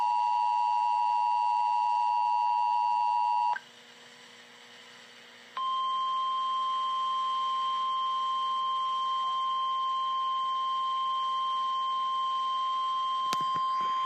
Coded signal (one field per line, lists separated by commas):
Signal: Emergency Alert System (SAME) tones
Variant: 853 and 960 Hz attention tone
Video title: EAS 155 KEC74 RWT